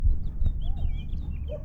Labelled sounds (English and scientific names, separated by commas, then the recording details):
House Finch (Haemorhous mexicanus) song
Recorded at Oceanside on Long Island, New York, on 17 June 1975
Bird C